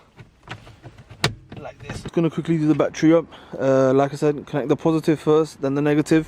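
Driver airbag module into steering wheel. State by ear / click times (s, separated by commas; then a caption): seated / 1.2 s. A driver airbag module is pushed into the hub of a carbon-fiber-wrapped Mercedes steering wheel and locks in with one loud, sharp snap at 1.2 s, with fainter ticks around 0.5 s and 1.5 s. Someone talks before and after, and the module is seated.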